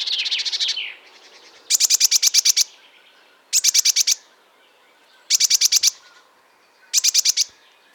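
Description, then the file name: Eurasian blue tit calls: short, dry, scratchy churring bursts repeated roughly every two seconds, after an opening chatter. "Cyanistes caeruleus"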